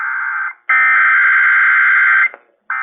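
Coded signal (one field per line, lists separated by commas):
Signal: Emergency Alert System (SAME) tones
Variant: header bursts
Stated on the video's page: EAS test tones from KDKA plus relays.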